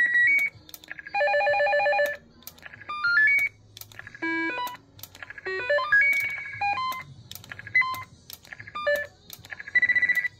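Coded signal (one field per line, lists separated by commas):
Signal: roger beep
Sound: a series of short electronic beep tunes and trills, one after another, each different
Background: radio static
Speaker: Je pense je suis en train de faire le tour. Fait que là ça c'était la démonstration des Roger Bip.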